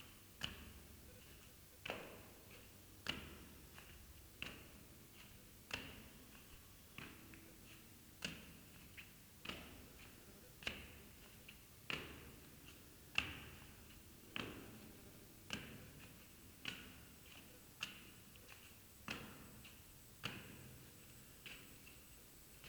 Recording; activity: daily activity, guitar pickup as the sensor; go upstairs